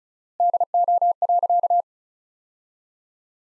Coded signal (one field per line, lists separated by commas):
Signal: Morse code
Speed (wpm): 34 wpm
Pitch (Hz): 700 Hz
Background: none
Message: DO.